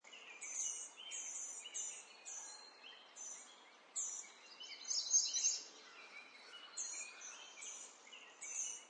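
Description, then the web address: Birds singing: repeated high, thin phrases, with a louder burst midway. Birds in a forest. "Lynne Music. Nature Birds. forest"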